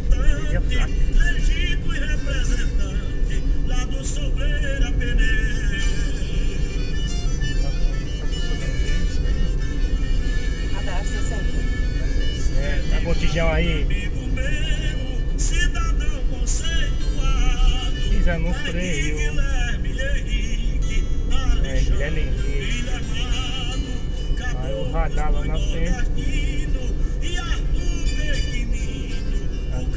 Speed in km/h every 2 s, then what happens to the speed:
53, 54, 56, 58, 59, 59, 57, 56, 54, 53, 51, 55, 56, 54, 53.
0-10 speeds up to 59. 10-19 slows to 51. 19-24 steady at about 55.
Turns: none.